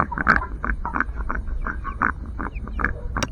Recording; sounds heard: poultry house recording; sick chickens (respiratory disease)